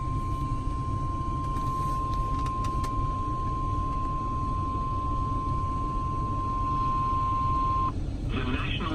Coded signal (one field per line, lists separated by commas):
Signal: Emergency Alert System (SAME) tones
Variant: 1050 Hz attention tone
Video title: NOAA All Hazards Radio EAS Compilation (7/31/19)